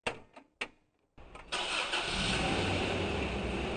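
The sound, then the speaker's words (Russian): A few sharp clicks, then a brief cranking sputter as a car engine turns over and catches, settling into a steady, loud rumble that holds to the end as the car moves slowly up a road. “Мы сели в автомобиль, и машина медленно двинулась вверх по дороге.”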